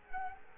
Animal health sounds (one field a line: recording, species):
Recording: mosquito wingbeat signal from an infrared sensor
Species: Culex quinquefasciatus